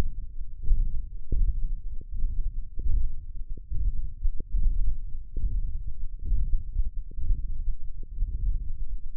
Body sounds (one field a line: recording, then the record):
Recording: forearm muscle sounds (acoustic myography)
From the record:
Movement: hand opening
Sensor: system 1, eight BSWA MPA416 microphones around the upper forearm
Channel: 6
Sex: male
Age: 21 years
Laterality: right